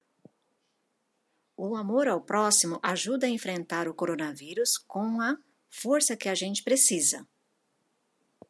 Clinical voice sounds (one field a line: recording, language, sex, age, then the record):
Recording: spoken sentence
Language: Brazilian Portuguese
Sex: female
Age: 50 to 59 years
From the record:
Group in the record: control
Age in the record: 56 years